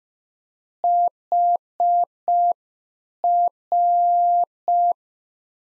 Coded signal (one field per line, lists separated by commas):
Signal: Morse code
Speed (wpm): 5 wpm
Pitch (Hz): 700 Hz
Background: none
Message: HR